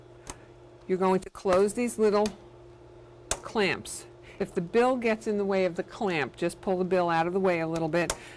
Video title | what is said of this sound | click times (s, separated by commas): 7.1 - Cap Drivers and Cap Frames | you hear it snap in | 0.3 s